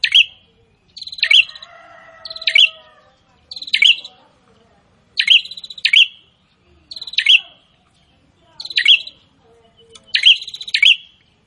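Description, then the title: Prinia song: short phrases of a buzzy rattle ending in a sharp, high chip, repeated at short intervals. Prinia singing prolifically ('gacor'). "Prenjak gacor"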